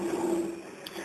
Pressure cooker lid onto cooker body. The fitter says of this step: நாம அடுத்ததா லாக் ஆகணும் ஆயிடுச்சு